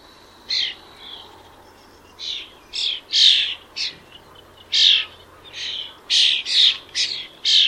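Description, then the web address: Bird calls, a series of loud harsh squawks over a faint hiss. "Bird Only"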